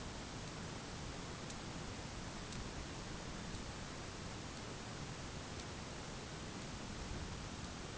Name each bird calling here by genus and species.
none